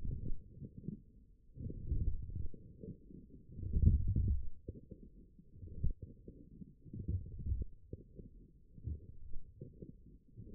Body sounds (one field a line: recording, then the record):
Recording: forearm muscle sounds (acoustic myography)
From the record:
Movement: forearm pronation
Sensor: system 1, eight BSWA MPA416 microphones around the upper forearm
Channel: 7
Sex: male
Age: 21 years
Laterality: right